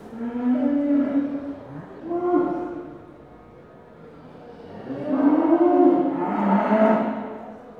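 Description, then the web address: Cattle bellowing: two moos at the start, then a pause, followed by a long, loud, wavering bellow. Cattle held in pens at a market. "BBC Sound Effects Library BBC 35-Livestock. Cattle In Pens At Market"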